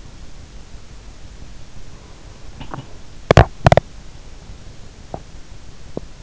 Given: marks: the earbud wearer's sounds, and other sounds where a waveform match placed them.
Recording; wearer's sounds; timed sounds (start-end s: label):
sounds in sleep by an in-ear microphone; teeth grinding
2.38-3.87 s: teeth grinding
4.94-6.08 s: teeth grinding